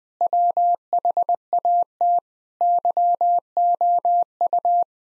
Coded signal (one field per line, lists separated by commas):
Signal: Morse code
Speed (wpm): 21 wpm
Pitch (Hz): 700 Hz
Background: none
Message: WHAT YOU